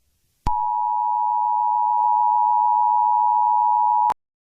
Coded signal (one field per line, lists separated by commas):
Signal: Emergency Alert System (SAME) tones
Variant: 853 and 960 Hz attention tone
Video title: Lo so raptor(a Jurassic Park novel eas scenario) along horror